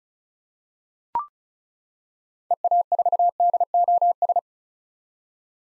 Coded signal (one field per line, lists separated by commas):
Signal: Morse code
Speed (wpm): 36 wpm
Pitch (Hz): 700 Hz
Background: none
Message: EA4DOS